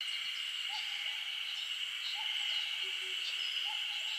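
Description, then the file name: Common cuckoo giving soft two-note calls about three times, a higher note falling to a lower one, beneath a constant shrill buzzing drone. Recorded 16 June 2017 at 09:16. "170616 0916 kakkou"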